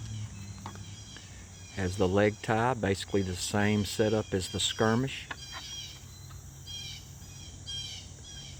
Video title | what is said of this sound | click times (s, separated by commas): Condor tactical models | Locks into place like a boss. | 0.7 s